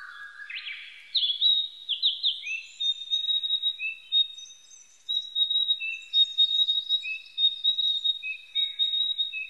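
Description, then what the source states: Narcissus flycatcher song: rising whistled notes followed by long steady high whistles and lower clipped notes, repeated steadily. Recorded 25 April 1998.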